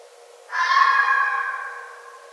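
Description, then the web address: Red fox call: one sudden loud, hoarse harmonic scream that stays strong for about a second, then fades out. Recorded 9 December 2011. "Red Fox 2011 12 09 Red Fox"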